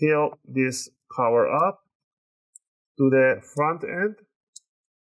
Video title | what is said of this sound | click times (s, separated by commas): How to Upgrade Storage on Dell Inspiron 15 3505 Laptop - SSD Installation Guide | you want to hear those nice big click sounds that's what you want to hear so that the clips are getting loose | 4.6 s